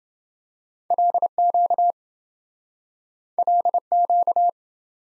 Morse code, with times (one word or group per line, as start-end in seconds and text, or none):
0.9-1.9 LQ
3.4-4.5 LQ